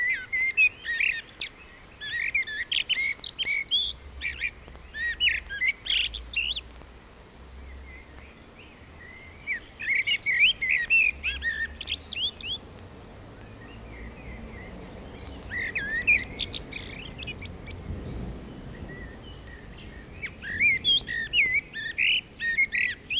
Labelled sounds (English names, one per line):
Common Blackbird song